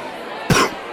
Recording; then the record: coughing mixed with background sound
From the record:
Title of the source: Coughing 46